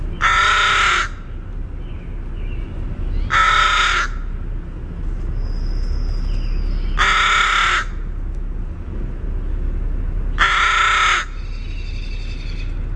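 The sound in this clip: Northern crested caracara giving four harsh, rattling grating calls spaced a few seconds apart; a faint thin whistle from another bird between calls.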